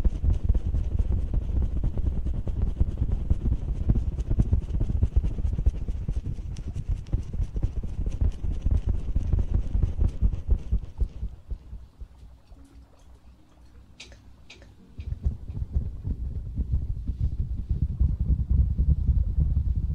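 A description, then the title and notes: Ear cleaning and massage: dense rubbing and crackling scratches fill the first eleven seconds, soften to faint clicks, then return around fifteen seconds. ASMR Ear cleaning & Ear massage.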